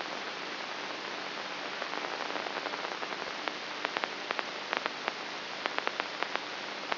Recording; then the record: brain microelectrode recording played as sound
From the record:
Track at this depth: outside the subthalamic nucleus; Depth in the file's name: 6.64 mm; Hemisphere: right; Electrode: 3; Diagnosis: Parkinson's disease